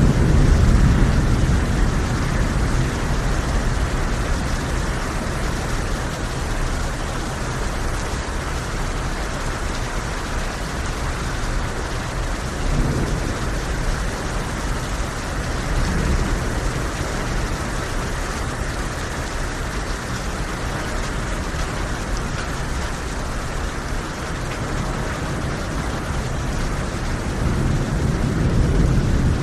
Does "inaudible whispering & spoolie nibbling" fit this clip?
no